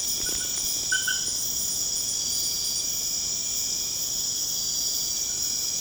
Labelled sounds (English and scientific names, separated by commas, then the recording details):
none
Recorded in pastures near Puerto Asís, Putumayo, Colombia, on 22 June 2025 at 21:30
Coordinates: 0.496, -76.326
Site GP01